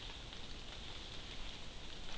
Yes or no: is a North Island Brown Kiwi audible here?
no